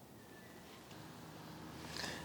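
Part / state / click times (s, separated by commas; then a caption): windshield wiper blade onto wiper arm / seated / 2.0 s. A new beam-style front wiper blade is pushed onto the metal wiper arm hook of a 2023 Nissan ARIYA Engage and held there, with a low background hum. At 2.0 s its plastic adapter clip gives a short, sharp click as it seats in place on the arm.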